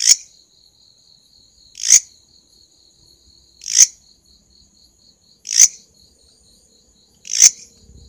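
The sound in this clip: Regular grasshopper rasps, five short scratchy pulses spaced close to two seconds, over a faint unbroken high tone.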